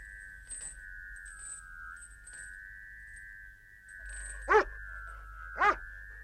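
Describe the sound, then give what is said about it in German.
A dog lets out two sharp, loud barks about a second apart, following a long, steady high-pitched whine that holds over a low rumbling background. “Ach so, der Hund.”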